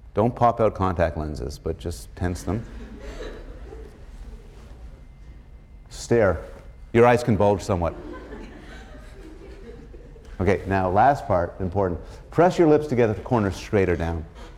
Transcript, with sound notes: pop out contact lenses but just tense them. Stare. Your eyes can bulge somewhat. [laughter] Okay. Now, the last part is important. Press your lips together with the corners straight or down.